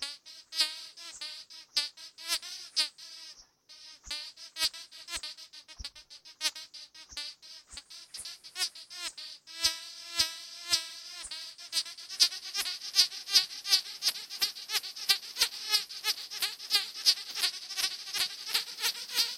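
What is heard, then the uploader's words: A small squeaker on a string chirps in rapid, bright, reedy squeaks, sparse at first, then faster and denser after about ten seconds. SQUEAKER On A String. I take 10 minutes to put something on a string and twirl it in front of a microphone to see if it'll whoosh. A squeaker (as you would find in a giggle tube or a stuffed animal), on some monofilament fishing line (not the best choice as monofilament is kind of whistle-y).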